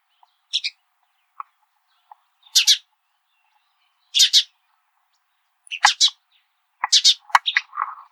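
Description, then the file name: House sparrow calls, paired and tripled harsh chirps repeated irregularly every second or so, ending in a quicker jumble of chirps and a lower, buzzier note. "Passer domesticus"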